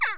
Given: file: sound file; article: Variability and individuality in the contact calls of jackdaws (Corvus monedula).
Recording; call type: jackdaw call; harmonic